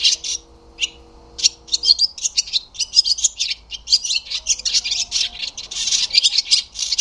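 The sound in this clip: Barn swallow giving scattered chirps that build into a dense, continuous chattering twitter, high and scratchy, becoming busier toward the end.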